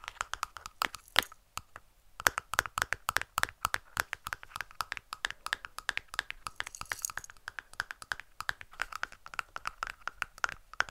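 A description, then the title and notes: Fast tapping of fingertips, sharp crisp clicks arriving several per second in uneven bursts, much like typing on a keyboard. A brief pause comes around two seconds, then the tapping resumes densely, with a faint crinkly rustle underneath. ASMR Best Tapping.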